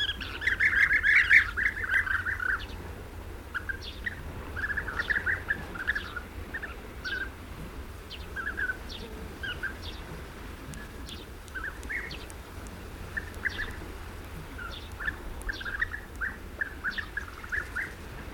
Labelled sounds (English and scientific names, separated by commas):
European Bee-eater (Merops apiaster) call